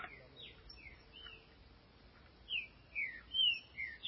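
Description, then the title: Green-winged saltator giving a quiet run of four whistled slurred notes near the end, after faint scattered notes, over steady background hiss. "Trinca Ferro"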